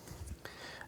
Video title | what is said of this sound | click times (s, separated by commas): Suzuki RMZ 450 Install Video: Fuel Injection Control Box | and you should hear a little click. If not, make sure you press firmly together. | 0.5 s